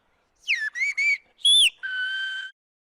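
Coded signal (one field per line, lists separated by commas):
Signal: whistled language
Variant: whistled Occitan of Aas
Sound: five short gliding whistles, rising and falling, last one long and steady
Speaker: mais pour les passionné rien ne vaut siffler en plein air dans l'espoir bientôt que des jeunes leur répondent de l'autre côté de la Vall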